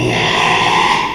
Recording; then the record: squeal of a Yucatan mini pig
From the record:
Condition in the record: after surgery on the right vocal fold (resection and tissue-engineered implant); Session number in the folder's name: 1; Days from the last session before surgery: 6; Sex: male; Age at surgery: 12 weeks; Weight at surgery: 13 kg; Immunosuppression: cyclosporine, prednisolone